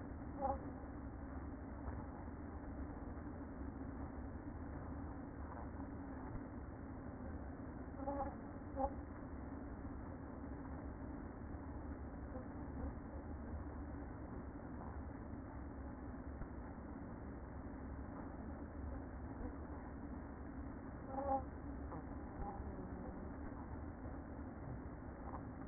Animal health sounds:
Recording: honeybee colony, microphone inside the hive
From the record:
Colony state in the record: queen present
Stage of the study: after two queens were removed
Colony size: about 60,000 bees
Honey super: yes

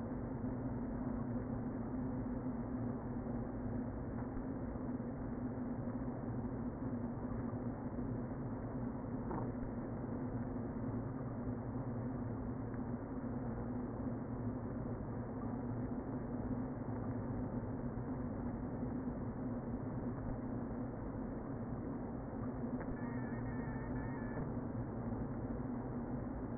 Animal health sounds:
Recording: honeybee colony, microphone inside the hive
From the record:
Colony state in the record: queen present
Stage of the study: before two queens were removed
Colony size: about 60,000 bees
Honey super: yes

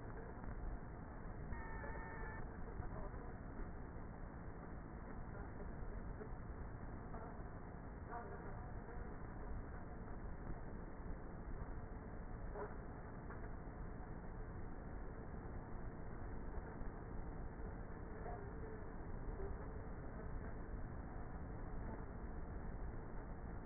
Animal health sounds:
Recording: honeybee colony, microphone inside the hive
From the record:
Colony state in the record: queenless with a low population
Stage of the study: before two queens were removed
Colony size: about 30,000 bees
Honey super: no

